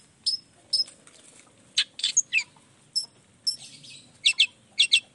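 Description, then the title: Long-tailed shrike song: an irregular mix of thin high whistles, short scratchy bursts and quick paired chips. Morning singing of a vigorous long-tailed shrike with 'toet toet' sound variations, intended to stimulate lazy shrikes into singing along. "Cendet Gacor Dor Di Kala Pagi Toet Toet Variasi Suara. Cendet Gacor Di Pagi Hari Rangsangan Emosi Cendet Malas Bunyi Supaya Secepatnya Ikutan Bunyi"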